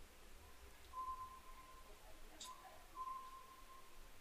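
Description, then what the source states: Oriental scops owl giving level whistled notes at one pitch, with a brief higher sound in between and low rumbling noise. Recorded 22 May 2010 at 21:06.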